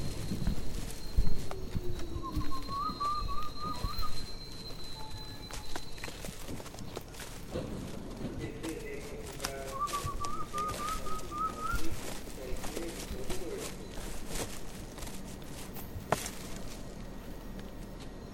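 Rainforest ambience in Tambopata, Peru, with a steady insect hum, two rising whistled bird calls near 2 and 10 seconds, and scattered rustling.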